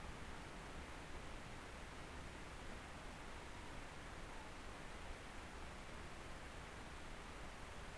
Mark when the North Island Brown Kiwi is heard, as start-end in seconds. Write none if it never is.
none